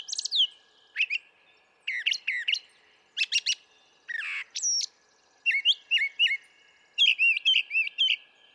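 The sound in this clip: Brown thrasher singing a series of varied phrases, many of them repeated: sharp chirps, a buzzy rasp, then looping whistled notes.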